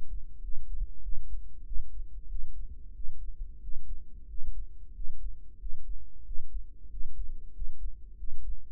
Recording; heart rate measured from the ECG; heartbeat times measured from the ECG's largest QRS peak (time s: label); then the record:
heart sounds by microphone in the right ear; 93 bpm
0.43 s: heartbeat
1.03 s: heartbeat
1.66 s: heartbeat
2.30 s: heartbeat
2.95 s: heartbeat
3.62 s: heartbeat
4.29 s: heartbeat
4.95 s: heartbeat
5.60 s: heartbeat
6.26 s: heartbeat
6.91 s: heartbeat
7.54 s: heartbeat
8.18 s: heartbeat
From the record:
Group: healthy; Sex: male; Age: 21 years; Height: 175 cm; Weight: 72.6 kg